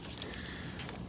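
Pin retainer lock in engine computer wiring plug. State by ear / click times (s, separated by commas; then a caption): released / 0.2 s. A screwdriver pushes on the plastic pin-retainer lock of an engine computer wiring plug, and a short click is heard at 0.2 s over steady background noise. The lock clicks open and comes up so a wire pin can be pulled out.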